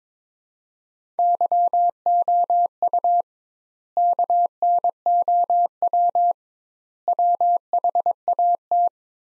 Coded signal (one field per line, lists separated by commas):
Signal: Morse code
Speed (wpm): 22 wpm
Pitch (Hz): 700 Hz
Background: none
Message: YOU KNOW WHAT